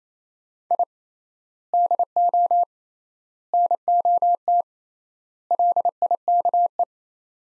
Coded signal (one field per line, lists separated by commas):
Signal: Morse code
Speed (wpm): 27 wpm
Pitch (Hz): 700 Hz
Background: none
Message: I DO NOT LIKE